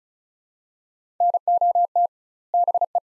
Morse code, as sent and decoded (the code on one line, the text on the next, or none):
-. --- - / -... .
NOT BE